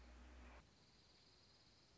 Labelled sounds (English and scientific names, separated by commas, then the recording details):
Dark-eyed Junco (Junco hyemalis)
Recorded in Sonoma County, California